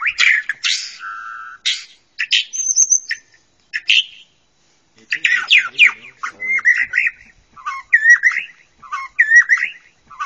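Bird chirps and squeaky notes in short bursts with pauses, followed by a quicker series of repeated chirps.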